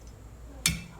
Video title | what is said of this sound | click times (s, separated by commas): How to Change Replace Windshield Wipers Toyota Sienna | with your both of your thumbs press up until it clicks rotate | 0.7 s